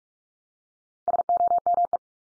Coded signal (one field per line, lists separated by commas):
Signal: Morse code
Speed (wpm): 44 wpm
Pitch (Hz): 700 Hz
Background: none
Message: SOME